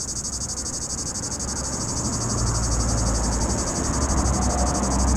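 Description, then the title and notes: Cicada's shrill pulsed buzz continuing throughout while the rumble of road traffic swells in the background. Cicada in an apple tree at the top of the Côte de Groisin, Chindrieux, France, at 32°, with traffic on the RD991; Zoom H4n Pro, preamp level 100. "3029 Rte d'Aix, 73310 Chindrieux, France - cigale. Cigale dans un pommier au sommet de la côte de groisin, il fait 32°"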